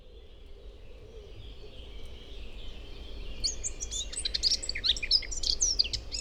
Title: Forêt de Chautagne - Serrières-en-Chautagne, France - Fauvette à tete noire